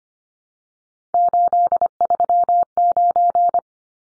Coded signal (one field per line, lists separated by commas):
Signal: Morse code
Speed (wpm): 25 wpm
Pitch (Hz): 700 Hz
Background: none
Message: 839